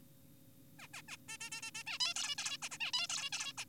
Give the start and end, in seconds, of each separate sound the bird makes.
0.79-0.88, 0.94-1.02, 1.08-1.17, 1.29-1.38, 1.41-1.50, 1.52-1.62, 1.63-1.71, 1.75-1.83, 1.87-1.98, 2.00-2.14, 2.16-2.36, 2.38-2.58, 2.62-2.69, 2.72-2.78, 2.80-2.92, 2.94-3.07, 3.10-3.30, 3.32-3.53, 3.58-3.65